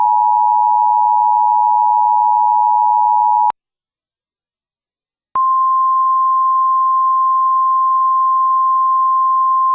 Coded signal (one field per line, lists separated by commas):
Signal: Emergency Alert System (SAME) tones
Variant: 853 and 960 Hz attention tone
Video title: EAS CHILD ABDUCTION EMERGENCY 4/17/12